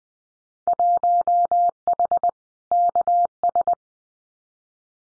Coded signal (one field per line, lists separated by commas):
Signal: Morse code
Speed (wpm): 20 wpm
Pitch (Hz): 700 Hz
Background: none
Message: 1H KS